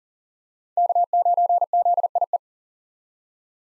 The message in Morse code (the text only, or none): K9ZIE